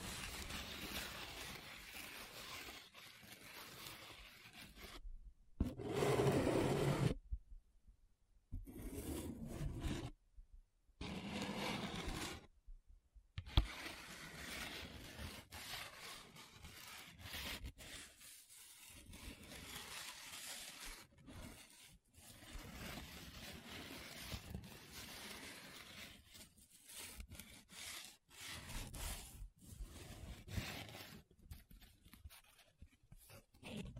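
Paper being rubbed, scratched and traced, with dense, gritty friction that comes in uneven bursts and strokes. Several sharp gaps of silence break up the first half, and a louder rough passage sits around six seconds. Later the scratching continues steadily with short pauses.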